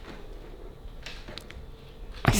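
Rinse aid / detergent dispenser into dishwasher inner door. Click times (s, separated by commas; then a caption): 2.3 s. A plastic rinse aid and detergent dispenser is pressed around its edge into a dishwasher's inner door panel. A few faint taps sound around 1.1–1.5 s, and the remaining tabs click home with a loud click at 2.3 s, seating the dispenser.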